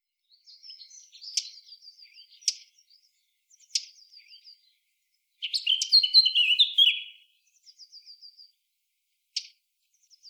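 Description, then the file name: Eurasian blackcap giving a short, loud burst of warbled notes midway, with thin, high trilled notes and sharp clicks before and after. "Sylvia atricapilla"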